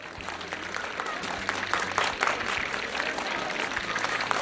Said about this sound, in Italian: Questo applauso è per voi che avete scelto essere e benessere.